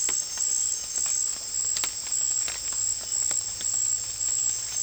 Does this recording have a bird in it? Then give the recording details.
no. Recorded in pastures near Puerto Asís, Putumayo, Colombia, on 28 February 2025 at 18:00. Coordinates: 0.502, -76.324. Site GP07